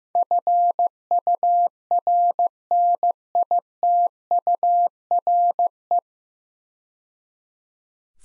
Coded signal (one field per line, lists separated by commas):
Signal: Morse code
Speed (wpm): 15 wpm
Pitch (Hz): 700 Hz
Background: none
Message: FURNITURE